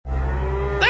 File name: cows